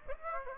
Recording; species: mosquito wingbeat signal from an infrared sensor; Aedes aegypti